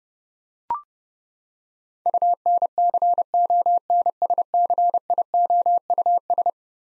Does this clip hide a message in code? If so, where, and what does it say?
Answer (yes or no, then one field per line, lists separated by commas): yes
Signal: Morse code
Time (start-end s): 2.1-6.5 s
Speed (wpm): 32 wpm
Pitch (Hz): 700 Hz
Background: none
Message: UNCONSCIOUS